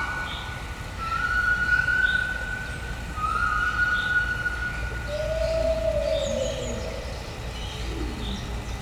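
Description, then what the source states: White-handed gibbon song: long, sustained whistle-like tones held for over a second each, then a lower drawn-out falling hoot, over steady low background rumble. Captive white-handed gibbons at Debrecen Zoo, recorded 2012, heard from the left and from the right.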